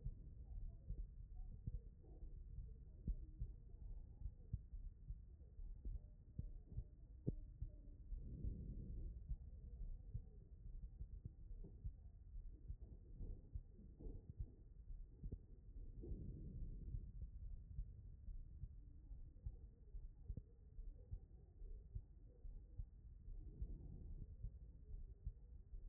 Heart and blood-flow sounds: heart sounds by stethoscope; aortic valve (AV)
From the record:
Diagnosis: HFrEF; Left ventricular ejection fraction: 40%

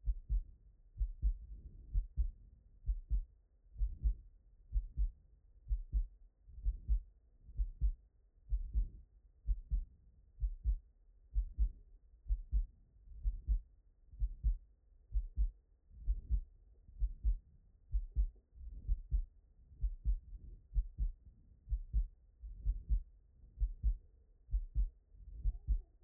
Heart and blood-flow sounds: heart sounds by stethoscope; tricuspid valve (TV)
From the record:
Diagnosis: non-HFrEF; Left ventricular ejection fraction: 56%

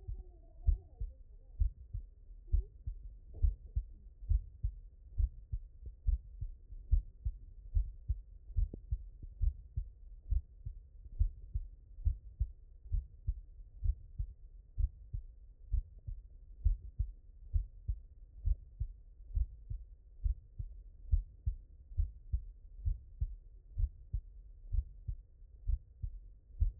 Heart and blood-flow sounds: heart sounds by stethoscope; mitral valve (MV)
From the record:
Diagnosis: non-HFrEF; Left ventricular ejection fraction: 58%

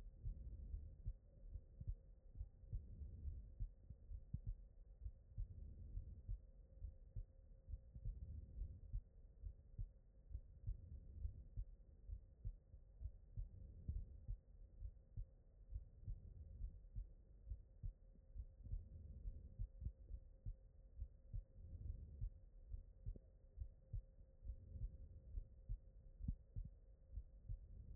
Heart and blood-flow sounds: heart sounds by stethoscope; aortic valve (AV)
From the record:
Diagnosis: non-HFrEF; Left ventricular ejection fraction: 62%

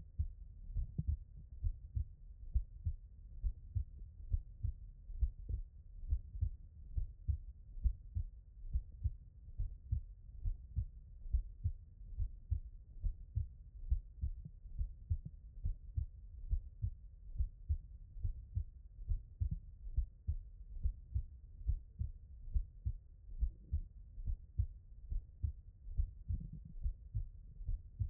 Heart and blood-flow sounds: heart sounds by stethoscope; tricuspid valve (TV)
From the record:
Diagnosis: non-HFrEF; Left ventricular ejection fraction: 55%

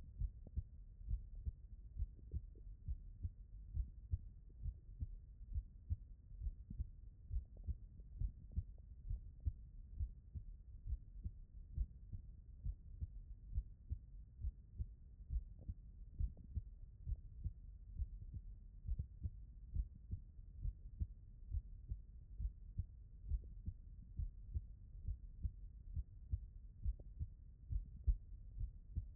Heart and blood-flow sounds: heart sounds by stethoscope; mitral valve (MV)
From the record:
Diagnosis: non-HFrEF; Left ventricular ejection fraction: 44%

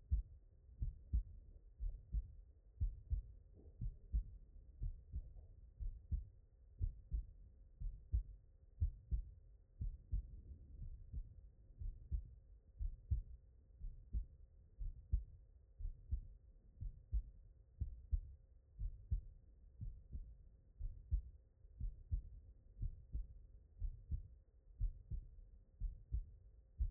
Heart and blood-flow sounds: heart sounds by stethoscope; tricuspid valve (TV)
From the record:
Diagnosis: non-HFrEF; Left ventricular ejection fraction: 56%

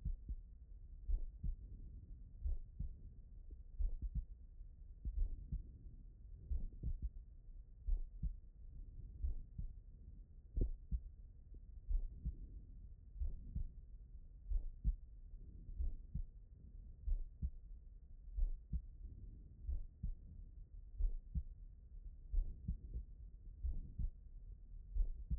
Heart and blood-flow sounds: heart sounds by stethoscope; aortic valve (AV)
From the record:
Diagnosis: non-HFrEF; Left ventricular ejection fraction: 50%

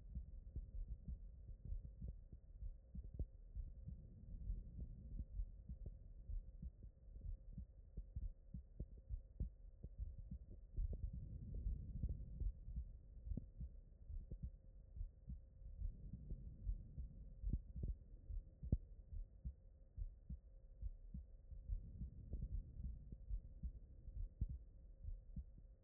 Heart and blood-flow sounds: heart sounds by stethoscope; aortic valve (AV)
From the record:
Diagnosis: non-HFrEF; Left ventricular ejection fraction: 62%

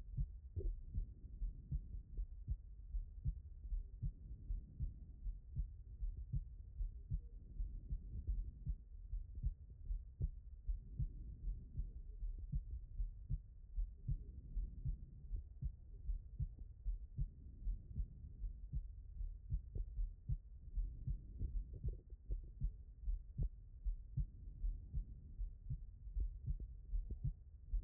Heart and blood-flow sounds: heart sounds by stethoscope; aortic valve (AV)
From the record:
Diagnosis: non-HFrEF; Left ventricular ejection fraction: 64%

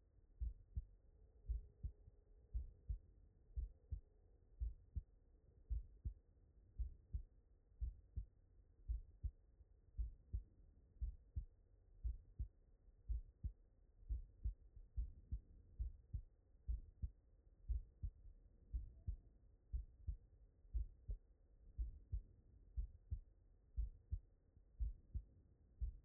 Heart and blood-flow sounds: heart sounds by stethoscope; tricuspid valve (TV)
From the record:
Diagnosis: non-HFrEF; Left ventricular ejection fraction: 67%

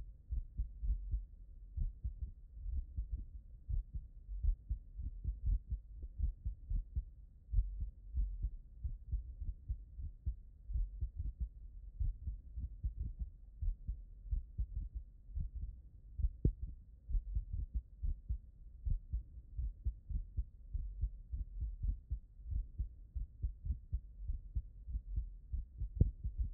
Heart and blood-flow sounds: heart sounds by stethoscope; tricuspid valve (TV)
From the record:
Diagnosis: non-HFrEF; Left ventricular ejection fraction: 61%

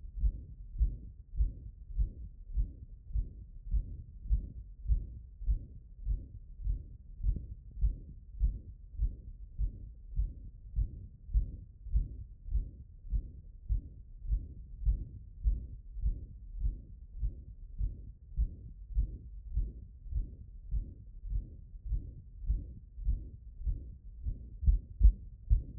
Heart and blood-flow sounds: heart sounds by stethoscope; mitral valve (MV)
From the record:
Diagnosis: non-HFrEF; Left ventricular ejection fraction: 65%

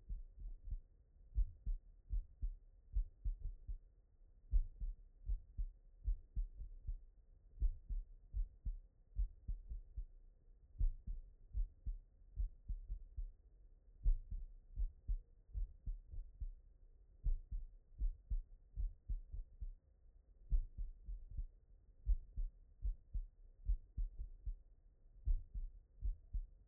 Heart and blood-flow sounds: heart sounds by stethoscope; tricuspid valve (TV)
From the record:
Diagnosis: non-HFrEF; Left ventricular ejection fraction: 56%

